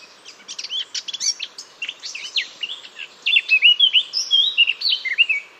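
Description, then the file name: Eurasian blackcap song: a rapid scratchy warble of varied notes that turns into loud, pure fluted whistles in the second half, over a soft hiss. "Sylvia atricapilla"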